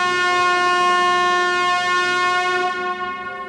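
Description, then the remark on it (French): Boat foghorns blare in a steady, sustained chord of rich harmonic tones, loud and unbroken for several seconds before easing slightly at the end, with no voices, as sailor Alain Gauthier's monohull enters the port of Les Sables d'Olonne, France, at 16:22 amid red smoke flares. “À 16h22, au son des cornes de brume et dans l'épaisse traînée des fumigènes rouges, le monocoque d'Alain Gauthier entre dans le port de Lona.”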